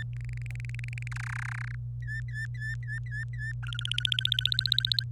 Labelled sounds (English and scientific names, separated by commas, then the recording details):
Domestic Canary (Serinus canaria) song
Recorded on 25 April 2018 at 16:17
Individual llb3